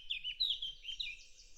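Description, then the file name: Eurasian blackcap giving a brief burst of quick, warbling song with bright whistled notes in the first second, then fading. "Sylvia atricapilla"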